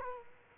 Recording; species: mosquito wingbeat signal from an infrared sensor; Culex quinquefasciatus